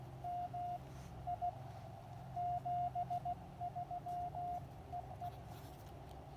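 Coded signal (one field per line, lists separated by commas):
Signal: Morse code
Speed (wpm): 17 wpm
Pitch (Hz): 700 Hz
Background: radio noise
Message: MI 73 EE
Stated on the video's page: POTA park activation in Morse, transmitted with a Discovery TX-500 transceiver into a Packtenna 9:1 antenna with a T1 tuner.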